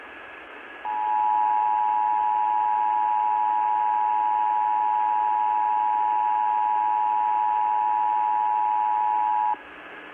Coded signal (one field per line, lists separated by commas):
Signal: Emergency Alert System (SAME) tones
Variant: 853 and 960 Hz attention tone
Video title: Very Late GA Required Monthly Tests from March 16, 2022 (EAS#345-348)